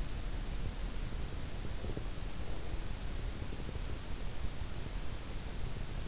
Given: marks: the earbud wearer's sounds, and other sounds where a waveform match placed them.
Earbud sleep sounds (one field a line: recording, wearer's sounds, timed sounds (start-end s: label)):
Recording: sounds in sleep by an in-ear microphone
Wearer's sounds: breath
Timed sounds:
1.75-2.22 s: breath